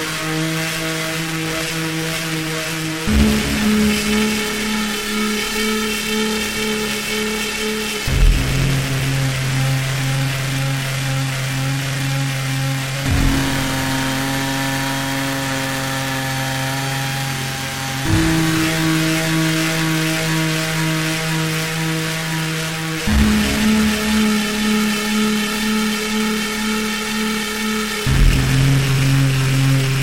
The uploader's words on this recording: Something, something escalating drone noise. Made with Renoise.